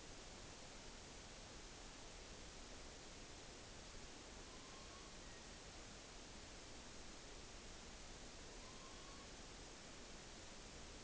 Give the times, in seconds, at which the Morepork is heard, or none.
4.13-5.18, 8.42-9.37